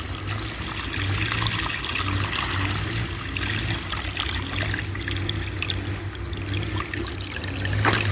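Water trickles and splashes steadily for several seconds, a continuous bright, bubbling flow with a low hum underneath and a brief louder splash near the end. No voices are heard.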